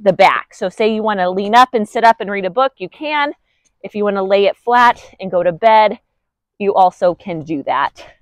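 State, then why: Not seated. The adjustable backrest of a portable camping cot is handled while its adjuster bar is brought toward the locking slot in the cot frame, and someone talks throughout. Nothing has seated or clicked yet by the end of the clip.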